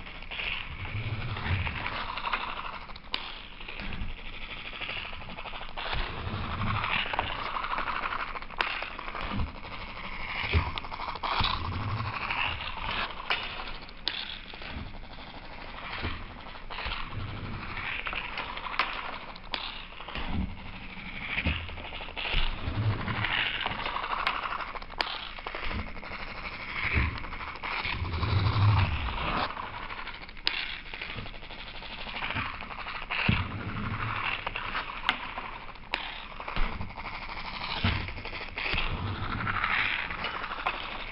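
A simple self-running kinetic drawing machine works on its own, giving off a dense, uneven run of scratching and clattering taps. The clicks come fast and irregularly throughout, with occasional sharper knocks and low thumps, and the overall busy texture stays steady across the recording.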